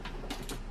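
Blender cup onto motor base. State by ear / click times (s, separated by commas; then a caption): not seated / none. A Nutri Ninja blending cup is twisted onto its motor base, and four brief broadband scraping bursts are heard near 0.1, 0.3, 0.5 and 0.7 seconds. The cup has not clicked or seated onto the base yet, so it is lifted to try again.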